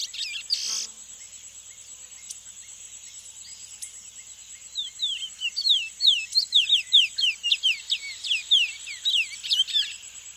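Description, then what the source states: Thick-billed seed-finch song: after a quiet start with a brief rustle, a rapid run of clear descending whistles begins, swelling into loud rhythmic phrases, with a constant high whine behind. South America.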